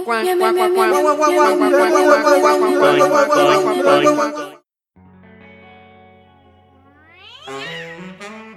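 Loud, dense, effect-heavy cat meowing for several seconds, then a brief silence, followed by quieter sustained tones and a few rising, high-pitched meows at the end.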